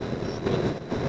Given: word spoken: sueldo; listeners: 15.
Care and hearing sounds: one Spanish word in noise, from a listening test; noise modulated by three-talker babble; -6.3 dB; 1 of 15; 6 of 15; 0.69 s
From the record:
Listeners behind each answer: 6, 4, 1, 1, 1, 1, 1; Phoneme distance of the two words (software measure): 17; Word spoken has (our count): 2 syllables, 6 phonemes, stress on syllable 1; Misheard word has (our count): 2 syllables, 5 phonemes, stress on syllable 1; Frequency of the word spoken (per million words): 19.56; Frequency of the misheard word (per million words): 104.51

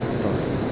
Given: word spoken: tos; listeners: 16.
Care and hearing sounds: one Spanish word in noise, from a listening test; speech-shaped noise; -6.9 dB; 2 of 16; 6 of 16; 0.32 s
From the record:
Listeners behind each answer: 6, 2, 2, 1, 1, 1, 1, 1, 1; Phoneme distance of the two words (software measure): 10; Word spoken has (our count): 1 syllable, 3 phonemes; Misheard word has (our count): 1 syllable, 3 phonemes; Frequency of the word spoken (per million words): 7.85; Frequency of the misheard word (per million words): 1497.38

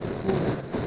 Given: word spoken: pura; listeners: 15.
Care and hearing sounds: one Spanish word in noise, from a listening test; noise modulated by three-talker babble; -3.6 dB; 0 of 15; 6 of 15; 0.47 s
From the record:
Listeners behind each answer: 6, 3, 1, 1, 1, 1, 1, 1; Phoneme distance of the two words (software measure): 10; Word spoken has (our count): 2 syllables, 4 phonemes, stress on syllable 1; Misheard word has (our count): 2 syllables, 4 phonemes, stress on syllable 1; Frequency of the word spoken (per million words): 41.39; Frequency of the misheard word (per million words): 30.98

